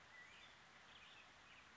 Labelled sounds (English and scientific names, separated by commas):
Black-headed Grosbeak (Pheucticus melanocephalus)